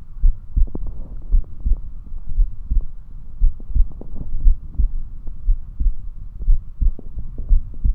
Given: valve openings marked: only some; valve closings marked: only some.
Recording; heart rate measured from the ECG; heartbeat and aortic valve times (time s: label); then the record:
heart sounds by stethoscope; 58 bpm
0.24 s: heartbeat (ECG mark)
0.30 s: aortic valve opens (echo mark)
0.58 s: aortic valve closes (echo mark)
1.33 s: heartbeat (ECG mark)
1.39 s: aortic valve opens (echo mark)
1.66 s: aortic valve closes (echo mark)
2.39 s: heartbeat (ECG mark)
2.44 s: aortic valve opens (echo mark)
2.71 s: aortic valve closes (echo mark)
3.43 s: heartbeat (ECG mark)
3.49 s: aortic valve opens (echo mark)
3.75 s: aortic valve closes (echo mark)
4.46 s: heartbeat (ECG mark)
4.52 s: aortic valve opens (echo mark)
4.79 s: aortic valve closes (echo mark)
5.48 s: heartbeat (ECG mark)
6.49 s: heartbeat (ECG mark)
6.54 s: aortic valve opens (echo mark)
6.81 s: aortic valve closes (echo mark)
7.52 s: heartbeat (ECG mark)
7.58 s: aortic valve opens (echo mark)
From the record:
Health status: healthy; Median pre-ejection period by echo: 58 ms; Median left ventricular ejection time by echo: 268 ms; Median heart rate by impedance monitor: 58 bpm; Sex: male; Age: 21 years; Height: 174 cm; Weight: 70 kg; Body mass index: 23.12